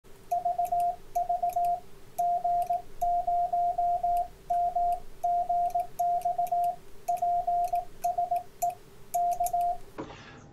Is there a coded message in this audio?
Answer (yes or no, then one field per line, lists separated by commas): yes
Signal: Morse code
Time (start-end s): 0.3-9.7 s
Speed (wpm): 18 wpm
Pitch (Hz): 700 Hz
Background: radio noise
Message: VV G0MGX PSE K